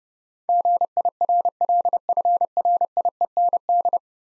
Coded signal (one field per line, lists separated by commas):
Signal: Morse code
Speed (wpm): 30 wpm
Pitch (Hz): 700 Hz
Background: none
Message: GIRLFRIEND